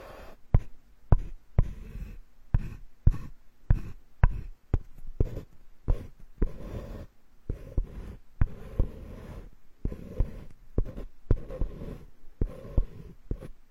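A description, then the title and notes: Ear picking and massage sounds: soft muffled rubbing and scratching in bursts, punctuated by frequent sharp clicks and taps, with brief pauses between. Tree Ear Picking Supreme Spa Ear Massage.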